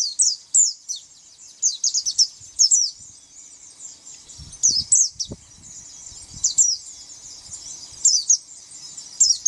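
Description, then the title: White-eye song, scattered high chirps and short twittered bursts separated by quieter gaps with soft low background rumble. "Pleci"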